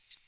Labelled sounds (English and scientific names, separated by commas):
American Redstart (Setophaga ruticilla) flight call